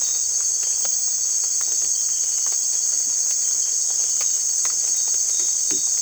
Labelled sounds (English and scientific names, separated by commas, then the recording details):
none
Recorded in dense forest near Puerto Asís, Putumayo, Colombia, on 22 December 2024 at 18:30
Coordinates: 0.482, -76.320
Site G021